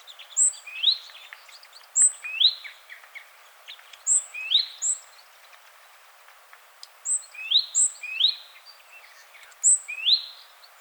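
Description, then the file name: Great tit calls: a high thin note and a lower upward-sweeping note, given together in repeated pairs and triplets across the recording, with soft background twitters. "Parus major"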